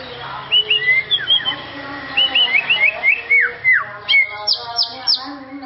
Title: murai batu